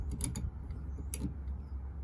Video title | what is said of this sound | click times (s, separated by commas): How to Change a Wiper Blade | it down and past and then pull it till it clicks okay | 1.1 s